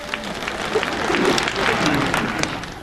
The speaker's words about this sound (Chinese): 串了？嘿，没有，刚才观众还给我鼓掌了呢。